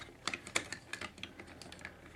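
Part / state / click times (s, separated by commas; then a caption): plastic arm piece into the side of a combining robot toy / not seated / none. A plastic arm piece of a Power Rangers Legacy Titanus combining robot toy is moved forward against the side of the body during transformation. Light, sharp plastic taps and clicks come at about 0.3, 0.6, 0.9 and 1.2 seconds over quiet handling noise. Nothing has seated or clicked into place yet.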